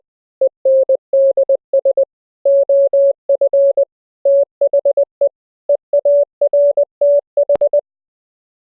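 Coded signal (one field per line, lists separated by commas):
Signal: Morse code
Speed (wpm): 19 wpm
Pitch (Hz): 580 Hz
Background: none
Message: ENDS OF THE EARTH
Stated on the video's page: Morse audio sent over the internet via the AMR-NB codec at 12.2 kbps, with CW regeneration by a software sine oscillator applied to received audio.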